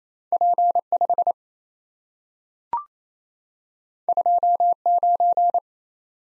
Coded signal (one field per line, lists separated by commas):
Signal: Morse code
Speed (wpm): 27 wpm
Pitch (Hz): 700 Hz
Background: none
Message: P5 29